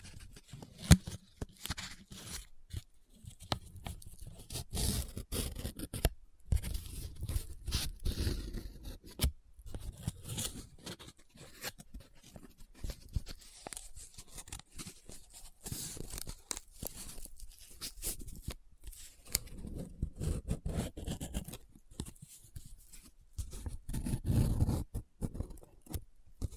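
Paper handled close up: crinkling, rubbing and scratching in dense, irregular bursts that run almost without pause for the whole clip. The rustle is bright and crackly with some low thumps, broken by brief silences around six and nine seconds.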